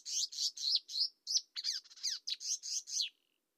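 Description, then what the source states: Marsh warbler song with rapid scratchy, slurred notes, varied in shape and ending in a thin fading whistle. Nominate subspecies palustris.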